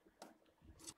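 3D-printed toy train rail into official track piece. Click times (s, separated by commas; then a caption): 0.2 s. The other end of a 3D-printed plastic toy train rail is pushed onto an official track piece, giving a short, sharp snap at 0.2 s, followed by quieter shuffling and a second bright, noisy burst near 0.9 s. The printed track end is seated and clips in tightly.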